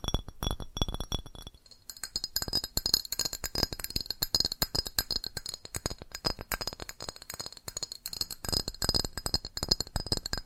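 Fast tapping on glass and ceramic objects, a dense, steady stream of sharp clinks and ticks with bright ringing tones. There is a brief lull just before the two-second mark, then the rapid tapping resumes and continues evenly to the end.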